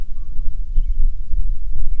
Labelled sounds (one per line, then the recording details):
bird
wind
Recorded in the Prudhoe Bay oil fields, Alaska, on 6 August 2019 at 05:20
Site 22